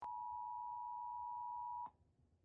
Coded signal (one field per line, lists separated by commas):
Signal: Emergency Alert System (SAME) tones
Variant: 853 and 960 Hz attention tone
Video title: EAS Mock: Flash flooding in Yellowstone.